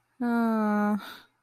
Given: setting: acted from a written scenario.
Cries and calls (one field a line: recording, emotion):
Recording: vocal sound without words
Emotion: relief